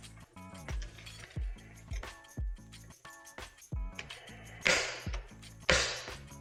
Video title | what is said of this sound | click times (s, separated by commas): Radian Talon Ambi Safety Install | I always go two clicks just for fun. | 4.7 s, 5.7 s